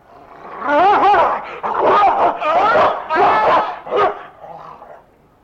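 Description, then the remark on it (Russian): A dog barks and snarls in a rapid series of loud, harsh bursts, its pitch wavering and yelping between them, ending with a shorter, fainter bark. “Конечно, конечно, капитаны, давайте запихнем его на 502-ю страницу романа, его загрызла собака.”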